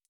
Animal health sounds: hydrophone in a shrimp aquaculture tank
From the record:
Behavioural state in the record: feeding

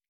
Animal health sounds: hydrophone in a shrimp aquaculture tank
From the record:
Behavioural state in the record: starved

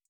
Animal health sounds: hydrophone in a shrimp aquaculture tank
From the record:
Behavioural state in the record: feeding

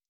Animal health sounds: hydrophone in a shrimp aquaculture tank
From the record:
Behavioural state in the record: stressed

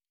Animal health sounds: hydrophone in a shrimp aquaculture tank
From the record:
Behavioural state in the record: normal

